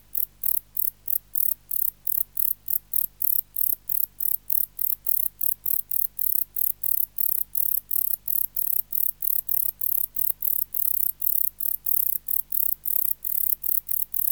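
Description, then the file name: Wart-biter song: a rapid, steady series of buzzy high chirps repeating about three times a second, continuing throughout over a quiet low hum. "Bio Acoustica. Decticus verrucivorus"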